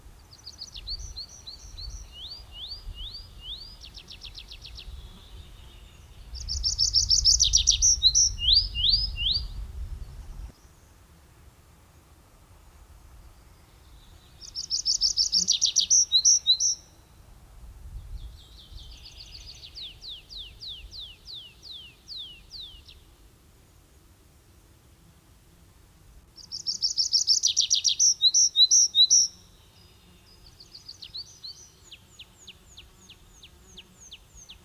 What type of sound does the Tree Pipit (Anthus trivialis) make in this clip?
song